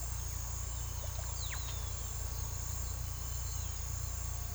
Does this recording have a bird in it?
no